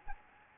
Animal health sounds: mosquito wingbeat signal from an infrared sensor; Anopheles gambiae

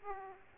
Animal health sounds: mosquito wingbeat signal from an infrared sensor; Aedes aegypti

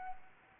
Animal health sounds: mosquito wingbeat signal from an infrared sensor; Anopheles gambiae

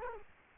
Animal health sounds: mosquito wingbeat signal from an infrared sensor; Culex quinquefasciatus

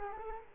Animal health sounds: mosquito wingbeat signal from an infrared sensor; Culex quinquefasciatus

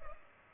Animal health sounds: mosquito wingbeat signal from an infrared sensor; Culex pipiens

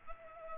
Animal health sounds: mosquito wingbeat signal from an infrared sensor; Culex pipiens

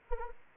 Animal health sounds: mosquito wingbeat signal from an infrared sensor; Anopheles arabiensis

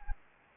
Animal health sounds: mosquito wingbeat signal from an infrared sensor; Anopheles gambiae

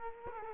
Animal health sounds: mosquito wingbeat signal from an infrared sensor; Culex quinquefasciatus

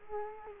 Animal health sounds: mosquito wingbeat signal from an infrared sensor; Culex quinquefasciatus

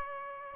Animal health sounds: mosquito wingbeat signal from an infrared sensor; Aedes aegypti

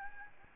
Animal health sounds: mosquito wingbeat signal from an infrared sensor; Aedes albopictus

